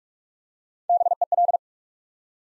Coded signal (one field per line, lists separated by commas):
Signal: Morse code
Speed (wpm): 44 wpm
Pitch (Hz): 700 Hz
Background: none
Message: BEL